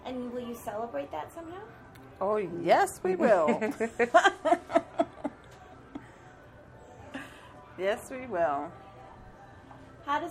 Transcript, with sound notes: And will you celebrate that somehow?
Oh, yes, we will. [laughter] Yes, we will.
How